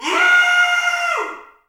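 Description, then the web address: Kudu bull screaming: a long, strained harmonic cry held steady for about a second, then dropping in pitch and fading out, with no other sounds. "Spectrasonics - Heart of Africa 1 Partition C 07 KUDU FX BULLSCREM"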